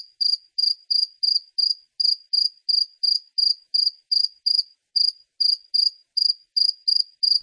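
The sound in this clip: Cricket song of quick high chirps in a fast, steady rhythm with a short gap midway.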